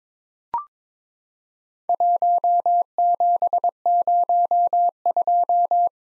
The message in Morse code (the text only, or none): 1702